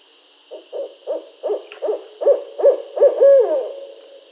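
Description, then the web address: Barred owl hooting call: around nine quick, rhythmic hoots that grow louder, finishing with a longer hoot that falls away at the end, against a constant high hiss. Recorded on 22 August 2012. "Barred Owl 2012 08 22"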